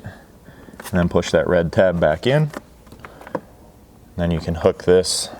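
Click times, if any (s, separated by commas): 0.8 s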